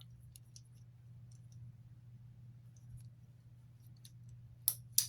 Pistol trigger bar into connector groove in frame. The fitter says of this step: There we go. And it'll click into place. You kind of lift it up and you'll hear it click into place.